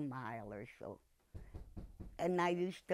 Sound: knocking sound

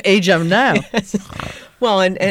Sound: they laugh

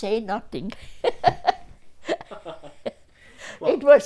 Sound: they laugh

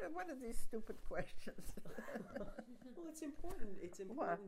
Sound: laughter

